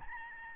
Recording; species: mosquito wingbeat signal from an infrared sensor; Aedes albopictus